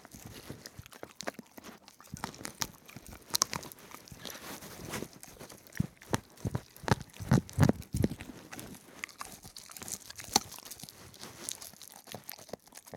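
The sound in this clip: Dog gnawing a bone, with many irregular crunching bites and a few louder cracks near the middle.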